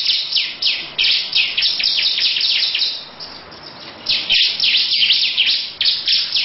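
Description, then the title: Lovebird producing rapid shrill chirps in a hurried series, a quieter gap around three seconds, then more loud squeaky bursts. Long "ngekek" song; title also mentions ciblek. "Audio Lovebird Ngekek Panjang Ciblek"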